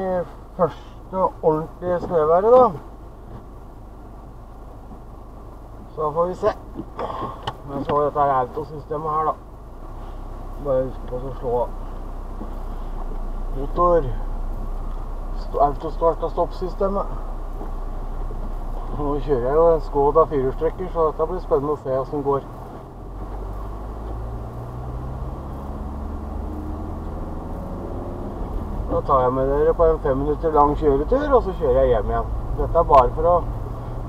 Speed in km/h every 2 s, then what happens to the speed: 0, 0, 0, 0, 0, 0, 0, 0, 0, 3, 7, 9, 13, 18, 20, 23, 26.
0-17 standing. 17-34 pulls away to 26.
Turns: 18-25.